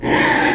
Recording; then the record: squeal of a Yucatan mini pig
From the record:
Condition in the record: before surgery on the right vocal fold (resection and tissue-engineered implant); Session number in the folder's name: 1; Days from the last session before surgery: -3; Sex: male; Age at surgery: 12 weeks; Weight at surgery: 13 kg